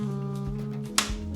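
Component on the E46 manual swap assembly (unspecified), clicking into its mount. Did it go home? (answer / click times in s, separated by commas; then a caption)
yes / 1.0 s. A component on a BMW E46 M3 Touring manual swap assembly is pressed into its mount after the hardware is tightened, over a steady background of sustained musical tones. A short, sharp click sounds at 1.0 s as the part seats into place.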